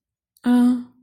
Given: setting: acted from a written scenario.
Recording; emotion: vocal sound without words; neutral